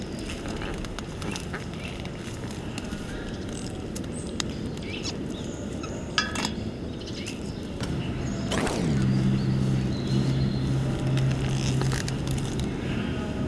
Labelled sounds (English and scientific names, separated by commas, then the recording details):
Reeves' Muntjac (Muntiacus reevesi)
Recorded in captivity
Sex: male
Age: adult
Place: Zoo Leipzig, Sachsen, DE
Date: 1969-09-24
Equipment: Uher 4200 Report-S, Tesla Verstärker, Sennheiser MD 421, Doppelspuraufnahme
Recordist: Tembrock, Günter